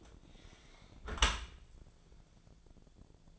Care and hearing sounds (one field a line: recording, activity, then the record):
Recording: daily activity, microphone in the room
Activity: close dishwasher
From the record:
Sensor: 5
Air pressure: 1000.6 hPa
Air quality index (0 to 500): 152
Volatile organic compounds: 2 ppm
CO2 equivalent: 1166 ppm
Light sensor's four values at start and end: 40/92/39/42 and 40/92/39/43